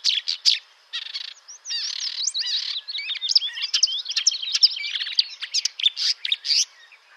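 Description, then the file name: Marsh warbler song, a fast, varied chatter of trills, buzzy notes and sharp whistles, pouring out almost without pause. "Rousserolle verderolle"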